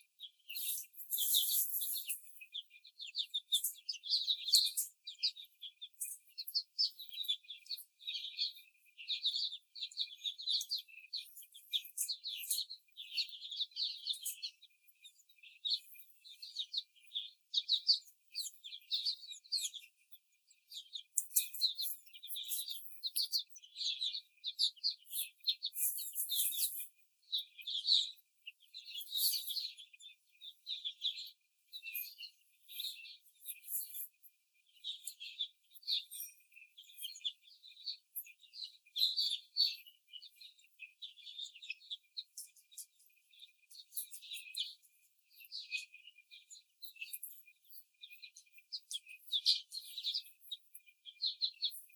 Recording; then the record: young laying hens in a cage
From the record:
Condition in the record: after the stressor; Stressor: simulated dog barking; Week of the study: 4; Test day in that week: 2